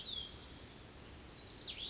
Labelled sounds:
Brown Creeper (Certhia americana)
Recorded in Sonoma County, California

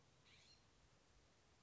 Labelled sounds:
California Scrub-Jay (Aphelocoma californica)
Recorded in Sonoma County, California

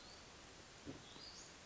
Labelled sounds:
Western Flycatcher (Empidonax difficilis)
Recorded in Sonoma County, California

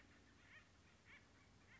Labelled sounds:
Acorn Woodpecker (Melanerpes formicivorus)
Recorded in Sonoma County, California

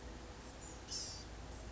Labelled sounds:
Blue-gray Gnatcatcher (Polioptila caerulea)
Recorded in Sonoma County, California

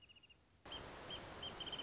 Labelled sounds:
Wrentit (Chamaea fasciata)
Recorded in Sonoma County, California

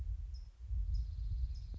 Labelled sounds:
California Towhee (Melozone crissalis)
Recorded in Sonoma County, California

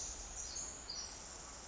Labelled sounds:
Pacific Wren (Troglodytes pacificus)
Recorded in Sonoma County, California

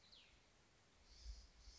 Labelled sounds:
Cassin's Vireo (Vireo cassinii)
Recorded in Sonoma County, California

